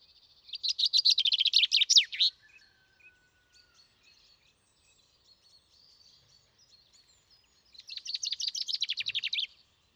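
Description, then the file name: Common chaffinch song: a loud, rattling trill closing with a downward flourish, scattered faint notes, then a second trilled phrase after a gap of about five and a half seconds. "Fringilla coelebs"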